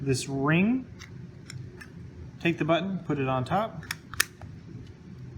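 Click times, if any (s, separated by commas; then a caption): 4.2 s. Someone talks while the printed plastic top button of a homemade adaptive switch is set on top of its ring and pressed down. A single sharp snap at 4.2 s marks the button cap seating into the switch housing ring, and it is then given a twist to lock it.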